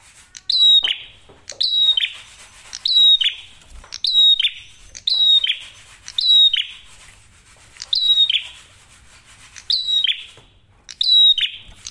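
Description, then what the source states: Prinia song of sharp, high chirps dropping into a buzz, repeated roughly every second. Masteran tutor audio of prenjak merah for training songbirds; singing actively with a clear voice; said to make other prinias call within five seconds.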